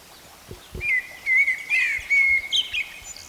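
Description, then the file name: Eurasian blackbird song: a single mellow, fluty phrase that wavers and then ends in a scratchy, high-pitched twitter. "Turdus merula"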